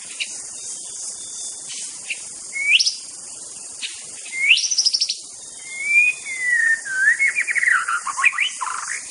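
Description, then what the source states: White-rumped shama song: loud whistled phrases that sweep sharply upward, then a long slurred whistle dipping and rising, with scattered high chips over a steady high hiss. Wild forest white-rumped shama (Indonesian 'murai batu hutan').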